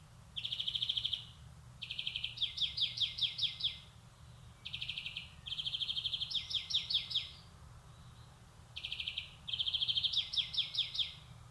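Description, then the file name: European greenfinch song in phrases: a steady buzzy trill running into a rapid series of chirpy twitters, repeated several times, with a trill alone at the start; low steady background noise. "Chloris chloris"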